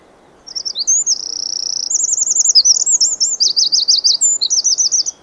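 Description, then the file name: Eurasian wren song: high, energetic phrases of about five seconds, a held whistle then a string of rapid trills and warbled zigzags, steady soft background hiss. "Troglodytes troglodytes"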